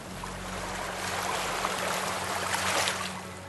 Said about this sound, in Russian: Волну, бившуюся беспокойно о камни, слышно было за несколько шагов.